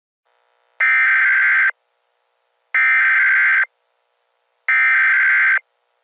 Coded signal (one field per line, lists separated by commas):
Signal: Emergency Alert System (SAME) tones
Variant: header bursts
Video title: EAS Scenario - Transformed